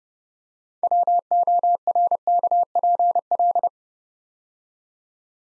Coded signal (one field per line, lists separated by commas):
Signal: Morse code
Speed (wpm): 30 wpm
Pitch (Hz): 700 Hz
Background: none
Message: WORKPL